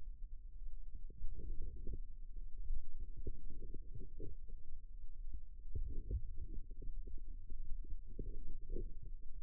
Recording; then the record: forearm muscle sounds (acoustic myography)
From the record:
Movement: outward rotation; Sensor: system 2, bracelet of six BSWA MPA416 microphones around the upper forearm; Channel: 6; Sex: female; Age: 22 years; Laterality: right